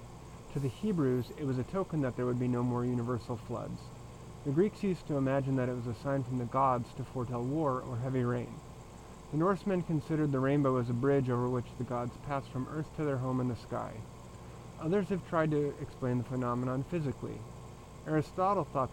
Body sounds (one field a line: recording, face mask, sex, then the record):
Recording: reading aloud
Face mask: surgical mask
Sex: male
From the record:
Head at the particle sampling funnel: turned sideways, cheek in front of it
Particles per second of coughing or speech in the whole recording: 1.43